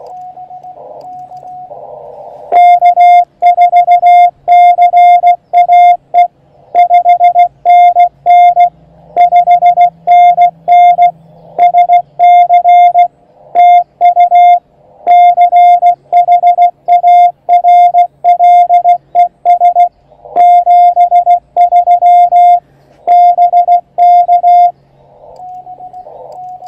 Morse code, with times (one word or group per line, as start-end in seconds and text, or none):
2.5-6.3 K4CAE
6.8-8.7 5NN
9.2-11.1 5NN
11.6-13.1 SC
13.6-14.6 TU
15.1-19.9 CHARLES
20.4-22.6 73
23.1-24.7 BK